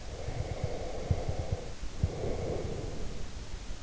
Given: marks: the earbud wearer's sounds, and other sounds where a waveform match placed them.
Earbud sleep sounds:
sounds in sleep by an in-ear microphone; breath
0.06-3.35 s: breath

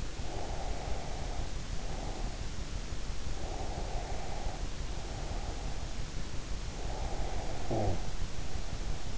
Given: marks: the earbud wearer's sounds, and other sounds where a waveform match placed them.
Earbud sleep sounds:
sounds in sleep by an in-ear microphone; breath, snoring breath
0.19-2.52 s: breath
3.49-5.88 s: breath
6.99-9.17 s: snoring breath

